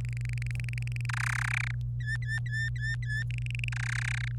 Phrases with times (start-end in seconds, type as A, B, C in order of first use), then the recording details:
0.05-1.06 A, 1.09-1.71 B, 2.00-3.23 C, 3.31-3.69 A, 3.72-4.28 B. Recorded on 26 April 2018 at 09:50. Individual llb3